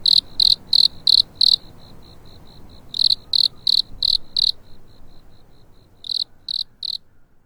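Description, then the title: Cricket chirping in high, clipped bursts of three to five pulses, separated by gaps filled with faint softer chirps; otherwise quiet. Cricket awakening on a spring night. "春夜里苏醒的蟋蟀"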